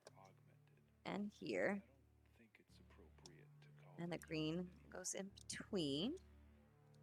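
A green plastic building brick is handled over the window section of a brick model while someone talks, with a few faint ticks of handling. Nothing has seated or clicked yet.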